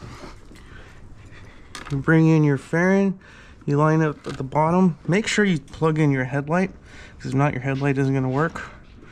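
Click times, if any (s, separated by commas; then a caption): none. While refitting the fairing on a Harley Davidson Street Glide ST 117, the fairing is brought in and lined up at the bottom, and the plastic headlight wiring connector is readied to plug into the fairing harness plug so the headlight will work. Someone talks throughout over low background noise, with a brief sharp sound at about 1.8 s. Nothing has seated or clicked yet.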